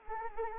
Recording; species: mosquito wingbeat signal from an infrared sensor; Anopheles arabiensis